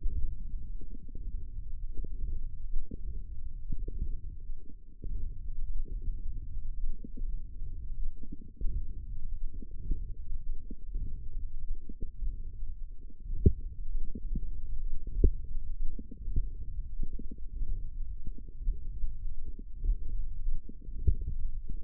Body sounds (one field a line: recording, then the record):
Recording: forearm muscle sounds (acoustic myography)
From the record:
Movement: hook grip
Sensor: system 1, eight BSWA MPA416 microphones around the upper forearm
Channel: 8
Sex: female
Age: 22 years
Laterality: right